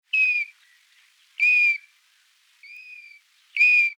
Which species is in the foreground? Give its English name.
European Golden Plover